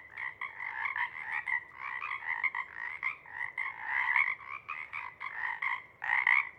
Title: Chorus Frogs, Chorus Waxes and Wanes, pre-morning-twilight